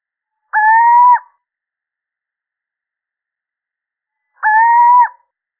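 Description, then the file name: Little owl, two even, clear hooting calls about four seconds apart, each lasting under a second, in complete quiet. Male little owl (sýček obecný). "Sycek obecny samec"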